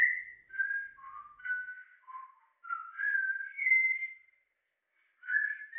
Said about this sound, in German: Der pfeift sich ein Liedchen. Pfeift und schaut raus in den Gifhorner Regen.